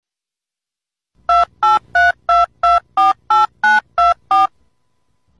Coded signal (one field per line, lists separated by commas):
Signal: DTMF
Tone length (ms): 180 ms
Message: 2832248924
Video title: Dialling number from dog paw😍#shorts